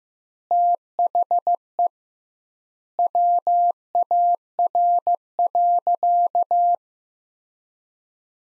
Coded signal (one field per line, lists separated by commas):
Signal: Morse code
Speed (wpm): 15 wpm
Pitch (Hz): 700 Hz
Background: none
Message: THE WAR.